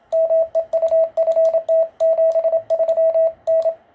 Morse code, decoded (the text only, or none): MEU FT 73 N